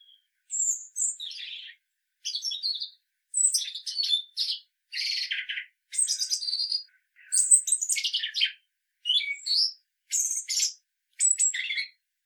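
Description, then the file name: European robin song: varied, jangling high phrases, liquid trills and squeaky notes, each phrase separated by a short pause. "Erithacus rubecula"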